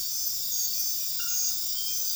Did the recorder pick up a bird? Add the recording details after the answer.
no. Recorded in secondary vegetation near Puerto Asís, Putumayo, Colombia, on 20 February 2024 at 04:00. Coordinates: 0.481, -76.323. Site G6376